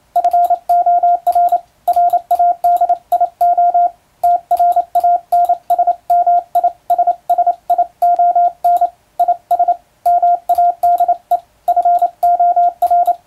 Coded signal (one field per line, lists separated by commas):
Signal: Morse code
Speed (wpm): 28 wpm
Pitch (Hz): 700 Hz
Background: radio noise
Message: FOR RADIO TRANSMISSION IS MADE FOR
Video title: モールスを聞こう！昔はよく聞いた懐かしい音だねぇ！エレキーで打つ欧文モールス符号！機械を使うと早くモールス信号を送れます！YouTubeの速度を調整して聴こう morse code practice